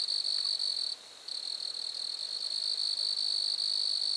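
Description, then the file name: Grasshopper trill, high buzzing that halts briefly near the one-second mark, then carries on steadily to the end. Grasshoppers recorded at Lac-à-François, Montcerf-Lytton, Quebec, Canada. "criquets-grasshoppers- -lac-acc 80-franccca 7 ois-montcerf-lytton-quecc 81 bec-canada"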